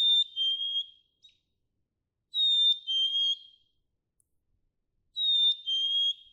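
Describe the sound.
Black-capped chickadee song with a clear high whistle dropping to a lower held note, the two-part phrase repeated three times at steady intervals.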